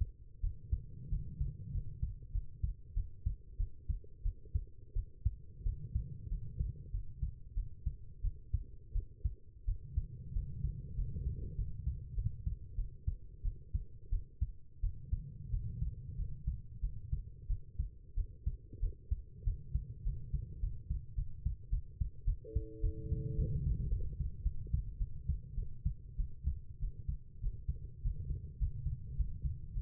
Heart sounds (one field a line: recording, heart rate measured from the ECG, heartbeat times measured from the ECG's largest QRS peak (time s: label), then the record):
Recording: heart sounds by stethoscope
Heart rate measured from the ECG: 96 bpm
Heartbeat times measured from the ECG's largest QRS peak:
0.41 s: heartbeat
1.10 s: heartbeat
1.72 s: heartbeat
2.32 s: heartbeat
2.94 s: heartbeat
3.57 s: heartbeat
4.23 s: heartbeat
4.94 s: heartbeat
5.64 s: heartbeat
6.29 s: heartbeat
6.92 s: heartbeat
7.55 s: heartbeat
8.22 s: heartbeat
8.93 s: heartbeat
9.66 s: heartbeat
10.33 s: heartbeat
10.96 s: heartbeat
11.56 s: heartbeat
12.15 s: heartbeat
12.76 s: heartbeat
13.43 s: heartbeat
14.10 s: heartbeat
14.81 s: heartbeat
15.51 s: heartbeat
16.17 s: heartbeat
16.81 s: heartbeat
17.47 s: heartbeat
18.15 s: heartbeat
18.80 s: heartbeat
19.44 s: heartbeat
20.04 s: heartbeat
20.60 s: heartbeat
21.15 s: heartbeat
21.70 s: heartbeat
22.25 s: heartbeat
22.81 s: heartbeat
23.36 s: heartbeat
23.90 s: heartbeat
24.43 s: heartbeat
24.98 s: heartbeat
25.55 s: heartbeat
26.17 s: heartbeat
26.79 s: heartbeat
27.41 s: heartbeat
28.02 s: heartbeat
28.59 s: heartbeat
29.17 s: heartbeat
29.73 s: heartbeat
From the record:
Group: healthy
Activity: rest 0-21 s, breath hold 21-30 s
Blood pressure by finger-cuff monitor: 121/91 mmHg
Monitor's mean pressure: 100 mmHg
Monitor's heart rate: 91 bpm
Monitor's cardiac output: 6.6 L/min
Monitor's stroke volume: 72 mL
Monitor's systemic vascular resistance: 1100 dyn s/cm5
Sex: female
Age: 19 years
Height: 163 cm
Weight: 51 kg